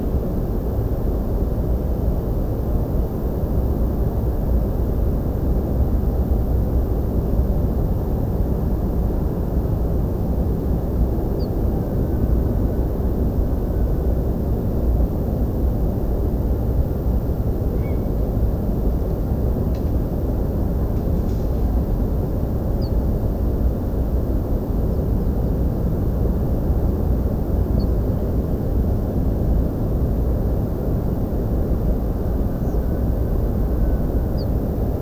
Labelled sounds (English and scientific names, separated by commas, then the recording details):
Ortolan Bunting (Emberiza hortulana), Grey Heron (Ardea cinerea), Western Yellow Wagtail (Motacilla flava), European Pied Flycatcher (Ficedula hypoleuca)
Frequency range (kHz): Ortolan Bunting (Emberiza hortulana) 4.1-5.3 kHz; Grey Heron (Ardea cinerea) 1.6-3.6 kHz; Western Yellow Wagtail (Motacilla flava) 4.1-5.6 kHz; European Pied Flycatcher (Ficedula hypoleuca) 5.2-7.1 kHz
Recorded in France